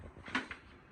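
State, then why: Not seated. The folding panel of a sliding-door pet door insert is handled as it is folded up toward its frame, with two short knocks at about 0.4 and 0.5 seconds. The clip ends before the panel locks into position, so nothing has seated or clicked into place yet.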